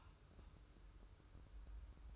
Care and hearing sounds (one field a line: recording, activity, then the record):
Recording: daily activity, microphone in the room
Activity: take from stove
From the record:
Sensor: 2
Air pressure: 995.3 hPa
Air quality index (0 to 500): 79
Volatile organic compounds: 3 ppm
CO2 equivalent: 1416 ppm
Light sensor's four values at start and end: 23/74/29/27 and 23/74/29/27